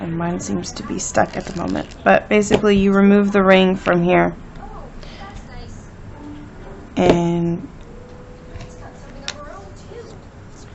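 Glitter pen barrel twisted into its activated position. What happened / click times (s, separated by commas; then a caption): The pen part is handled but not yet clicked home / none. Someone talks while handling a shimmer glitter pen that seems stuck, with the ring being removed so the barrel can be twisted into its activated position to ready the tip. Quiet handling noises follow the speech, with a brief sharp tick near 9.3 s. Nothing has seated or clicked into place yet.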